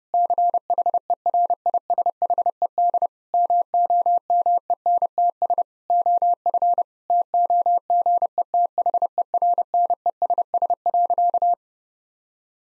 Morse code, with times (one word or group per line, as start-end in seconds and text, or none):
0.1-3.1 CHERISHED
3.3-5.6 MOMENTS
5.9-6.8 OF
7.1-11.5 TOGETHERNESS.